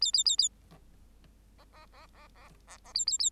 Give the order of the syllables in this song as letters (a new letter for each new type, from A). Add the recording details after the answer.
A A A A B B B B B B B A A A. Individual Bird8